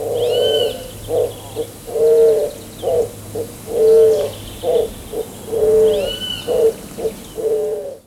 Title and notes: Museo de Ciencias de Bahía Blanca. Paloma Manchada (Patagioenas maculosa). su canto, que es mucho más ronco y áspero